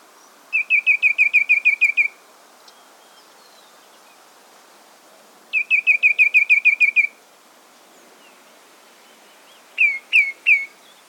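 Ashy tit calling in two long, rapid runs of sharp notes, then three separate notes.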